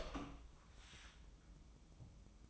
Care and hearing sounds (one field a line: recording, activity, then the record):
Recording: daily activity, microphone in the room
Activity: open door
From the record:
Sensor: 1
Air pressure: 1004.9 hPa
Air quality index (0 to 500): 76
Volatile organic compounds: 2 ppm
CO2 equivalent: 1016 ppm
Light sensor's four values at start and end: 9/23/9/10 and 10/23/9/10